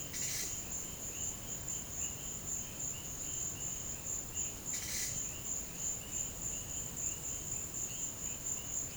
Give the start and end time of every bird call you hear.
0.06s-0.52s: bird call (1.4-9.0 kHz)
4.72s-5.21s: bird call (1.7-11.9 kHz)

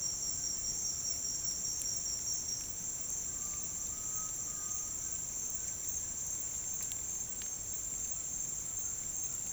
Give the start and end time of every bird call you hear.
0.24s-1.69s: bird call (0.6-2.2 kHz)
3.23s-6.03s: bird call (0.6-2.4 kHz)
7.18s-9.53s: bird call (0.9-2.2 kHz)

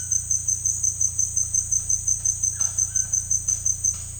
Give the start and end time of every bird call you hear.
2.56s-3.21s: bird call (1.1-3.4 kHz)

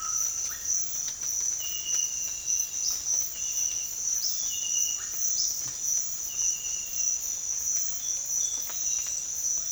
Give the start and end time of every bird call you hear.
0.00s-0.66s: bird call (0.7-2.7 kHz)
2.60s-5.63s: bird call (0.8-7.1 kHz)

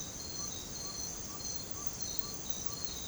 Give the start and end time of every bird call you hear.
0.00s-3.07s: bird call (0.6-1.7 kHz)

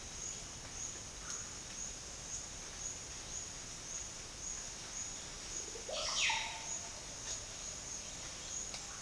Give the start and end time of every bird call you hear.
1.19s-1.59s: bird call (1.2-1.9 kHz)
5.65s-6.66s: bird call (0.3-6.5 kHz)

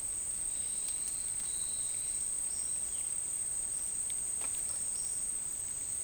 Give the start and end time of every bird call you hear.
0.50s-2.73s: bird call (3.0-6.4 kHz)
3.72s-5.21s: bird call (4.1-6.3 kHz)

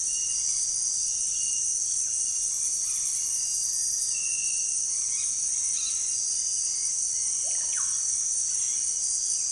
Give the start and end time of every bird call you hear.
4.92s-6.13s: bird call (0.5-5.8 kHz)
7.32s-8.00s: bird call (0.1-4.2 kHz)

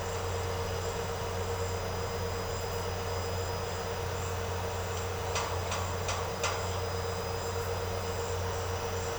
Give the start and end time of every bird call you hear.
5.28s-6.65s: bird call (1.4-9.0 kHz)

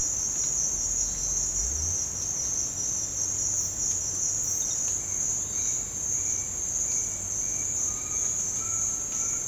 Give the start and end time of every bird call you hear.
5.27s-9.45s: bird call (0.9-2.8 kHz)

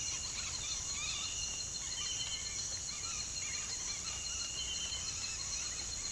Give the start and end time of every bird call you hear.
0.00s-6.12s: bird call (0.7-5.1 kHz)

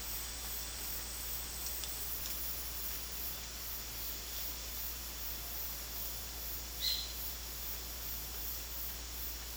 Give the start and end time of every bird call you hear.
6.80s-7.11s: bird call (1.6-4.6 kHz)

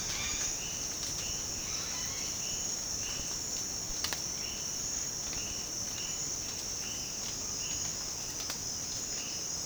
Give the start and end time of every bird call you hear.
0.00s-2.29s: bird call (0.2-5.9 kHz)

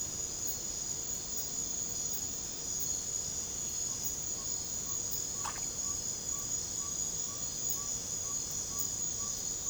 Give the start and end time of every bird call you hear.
3.83s-9.70s: bird call (0.6-1.7 kHz)

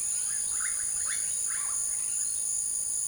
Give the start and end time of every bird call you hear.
0.30s-1.83s: bird call (0.2-4.6 kHz)

